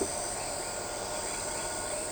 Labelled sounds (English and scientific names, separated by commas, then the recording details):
none
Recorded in shrubland near Pivijay, Magdalena, Colombia, on 13 April 2023 at 20:30
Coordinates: 10.453, -74.365
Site P5-G022